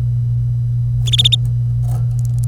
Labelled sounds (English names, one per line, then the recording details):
Domestic Canary song
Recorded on 25 April 2018 at 09:10
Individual llb3